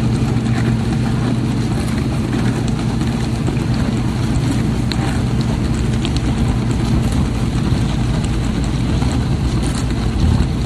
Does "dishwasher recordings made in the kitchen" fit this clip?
yes